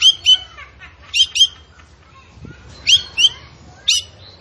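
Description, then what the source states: Zebra finch song in short bursts of harsh, high chattering notes, mostly in pairs, with quieter buzzy phrases between. Vigorously singing (gacor) bird from a masteran recording used to train kept songbirds.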